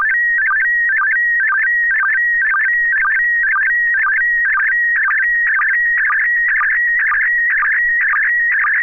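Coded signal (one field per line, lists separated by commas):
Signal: SSTV (slow-scan television)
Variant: PD 120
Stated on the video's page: SSTV net on a 441.300 MHz FM repeater, using MMSSTV software.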